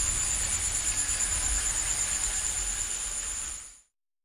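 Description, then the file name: Crickets keep up an even, high buzzing pulse for several seconds before the sound fades away to silence near the end. Recorded in a village in Bali. "bali sirkat kyla"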